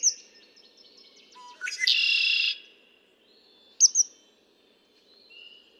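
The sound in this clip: Red-winged blackbird sings once: quick clicking introductory notes, then a loud rasping trill held for under a second, followed by a lone high double chirp.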